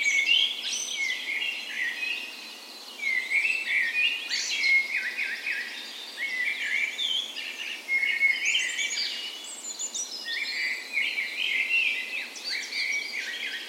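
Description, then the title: Birds: dawn chorus of many birds singing at once, dense overlapping whistles, trills and chirps, with no pause throughout. Dawn chorus in a park west in Bergen, Norway, on the morning of 17 May, Norway's National Day, in spring; Sony PCM A10 recorder, LOM micro Usi mics used as tree ears. "17th Of May Dawn Chorus"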